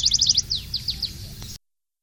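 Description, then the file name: Canary song: a quick burst of high trilled notes followed by a few separate downslurred chirps, ending abruptly after about one and a half seconds. Long version of the song. "kenari ajudan versi panjang"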